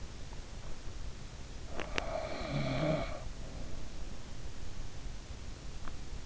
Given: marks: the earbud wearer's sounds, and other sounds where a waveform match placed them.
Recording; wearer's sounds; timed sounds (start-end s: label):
sounds in sleep by an in-ear microphone; teeth grinding, snoring breath
1.63-2.05 s: teeth grinding
1.73-3.73 s: snoring breath